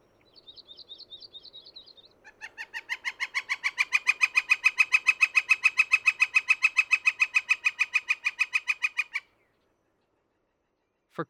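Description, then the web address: Northern flicker giving a long, loud series of even notes lasting about seven seconds, after a faint high twittering. "soundandlightecologyteam"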